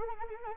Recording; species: mosquito wingbeat signal from an infrared sensor; Anopheles arabiensis